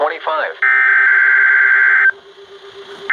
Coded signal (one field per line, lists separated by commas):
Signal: Emergency Alert System (SAME) tones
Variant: header bursts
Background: speech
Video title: GETTING ON MY LAST DAMN NERVE... | EAS Alerts from November 2020 (EAS #754-782)